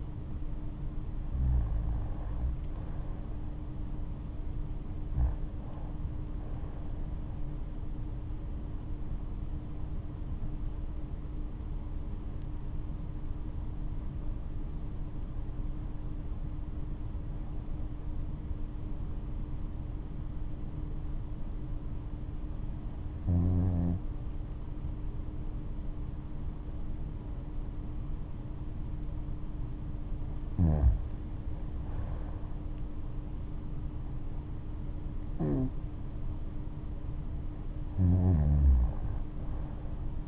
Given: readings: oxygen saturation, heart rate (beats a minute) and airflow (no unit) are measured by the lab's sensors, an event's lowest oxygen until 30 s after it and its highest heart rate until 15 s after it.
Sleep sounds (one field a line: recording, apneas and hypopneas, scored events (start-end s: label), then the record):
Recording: breathing in sleep by a smartphone at the bedside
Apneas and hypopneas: 1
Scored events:
9.00-29.00 s: hypopnea (N2, oxygen 94% highest, then 90% lowest, heart rate 72 at the start, 75 highest)
29.00-40.28 s: new sleep stage, REM sleep
From the record:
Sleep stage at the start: N2 (light sleep)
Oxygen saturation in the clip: 90 to 94%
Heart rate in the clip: 61 to 73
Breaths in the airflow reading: 10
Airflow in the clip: -9.9 to 10.1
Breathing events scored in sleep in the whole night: 228 in 5.4 hours asleep